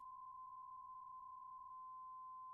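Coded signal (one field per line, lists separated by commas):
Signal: PSK63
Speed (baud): 62.5 baud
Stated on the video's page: RSGB 3.5 MHz Autumn Series contest, livestreamed.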